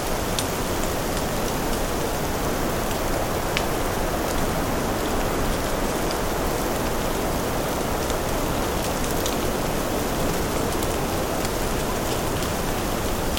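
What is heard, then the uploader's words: Steady rain falls in a forest, a dense, even hiss that holds the same level throughout. Scattered sharp drop ticks stand out on top, roughly every second or two, with a soft low rumble underneath. FOREST RAIN.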